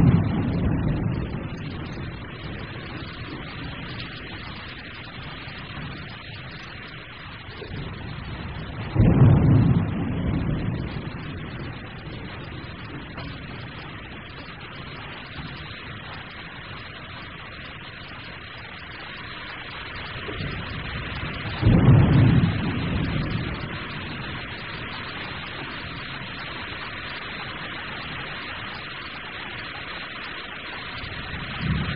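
Thunder in the rain: a steady wash of rainfall runs throughout, with two deep rumbling thunderclaps, one at about nine seconds and another around twenty-two seconds. Each swells suddenly, rolls low and heavy for a few seconds, then fades back into the rain.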